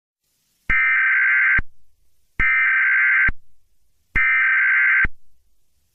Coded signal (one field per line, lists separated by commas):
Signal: Emergency Alert System (SAME) tones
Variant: header bursts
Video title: EAS Scenario #18: Don't run if they know your name